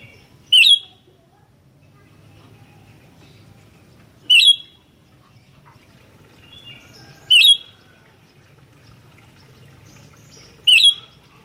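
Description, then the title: Sooty-headed bulbul calls: four sharp notes, a few seconds apart. "kutilang"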